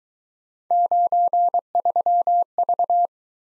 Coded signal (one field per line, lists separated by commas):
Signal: Morse code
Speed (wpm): 20 wpm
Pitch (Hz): 700 Hz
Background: none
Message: 93V